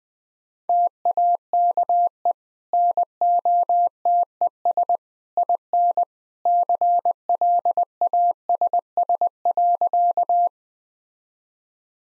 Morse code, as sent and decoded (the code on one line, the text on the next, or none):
- .- -.- . / -. --- - . ... / .. -. / -.-. .-.. .- ... ... .-.-.-
TAKE NOTES IN CLASS.